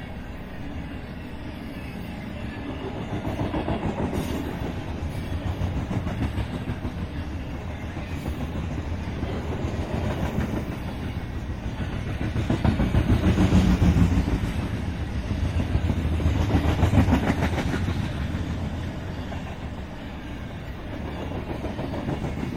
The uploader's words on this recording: BNSF Freight Train pass. A major BNSF line runs along the Columbia River Gorge that forms the border between Washington and Oregon states. Camp overnight near the rail and record the comings and goings with minimal traffic. I had also just acquired my first 32-bit recorder. These trains are long, and heavy, often requiring 2-4 engines to pull and another 1-3 to push.